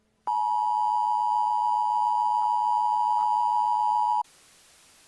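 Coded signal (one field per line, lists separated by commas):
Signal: Emergency Alert System (SAME) tones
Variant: 853 and 960 Hz attention tone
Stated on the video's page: Fictional EAS scenario set in Rockville, Maryland.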